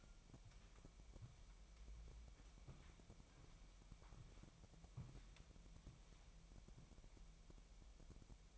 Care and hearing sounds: daily activity, microphone in the room; walk to room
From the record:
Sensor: 1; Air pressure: 1002.0 hPa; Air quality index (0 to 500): 247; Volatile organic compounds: 51 ppm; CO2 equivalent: 3314 ppm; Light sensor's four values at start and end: 6/15/6/7 and 6/15/6/7

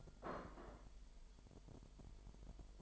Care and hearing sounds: daily activity, microphone in the room; place plate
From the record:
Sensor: 5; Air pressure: 1002.1 hPa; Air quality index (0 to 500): 224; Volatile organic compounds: 28 ppm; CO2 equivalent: 2906 ppm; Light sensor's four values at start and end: 10/25/10/11 and 10/25/10/11

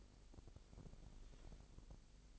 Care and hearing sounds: daily activity, microphone in the room; take from stove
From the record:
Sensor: 5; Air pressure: 999.4 hPa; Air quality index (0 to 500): 224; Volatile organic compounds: 22 ppm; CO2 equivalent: 2740 ppm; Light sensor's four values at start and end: 30/68/28/27 and 32/73/30/29

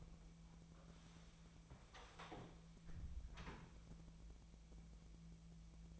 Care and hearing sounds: daily activity, microphone in the room; close door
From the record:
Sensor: 1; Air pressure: 1000.4 hPa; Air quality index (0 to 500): 182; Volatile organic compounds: 4 ppm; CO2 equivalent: 1686 ppm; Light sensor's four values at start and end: 13/32/13/15 and 13/31/13/15

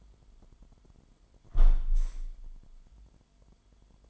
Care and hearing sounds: daily activity, microphone in the room; close window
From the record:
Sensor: 5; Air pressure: 998.6 hPa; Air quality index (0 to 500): 102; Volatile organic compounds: 2 ppm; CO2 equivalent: 1184 ppm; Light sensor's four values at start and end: 39/95/39/45 and 39/95/39/45

